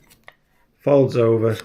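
The original plastic gimbal guard is handled over the gimbal and screen of a DJI Osmo Pocket 3 pocket gimbal camera, with a faint light tick near 0.3 s and then someone talks from about 0.9 s. Nothing has seated or snapped into place yet.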